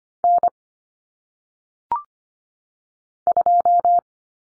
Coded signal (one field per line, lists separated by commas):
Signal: Morse code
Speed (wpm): 25 wpm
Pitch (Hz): 700 Hz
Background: none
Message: N 2